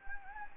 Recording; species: mosquito wingbeat signal from an infrared sensor; Anopheles gambiae